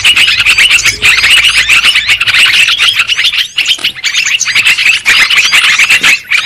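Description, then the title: Many lovebirds chattering, giving bursts of squeaky, high-pitched chirps in a busy overlapping stream, with a few short dips between surges. Lure sound used for trapping birds. "PIKAT BURUNG LOVEBIRD"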